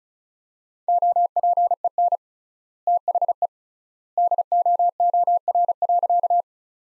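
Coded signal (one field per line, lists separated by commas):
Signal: Morse code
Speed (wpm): 36 wpm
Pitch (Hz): 700 Hz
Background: none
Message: OPEN THE DOOR.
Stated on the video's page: Morse sentences from the top 300 words, sent at 35 wpm with 3x standard word spacing, as practice.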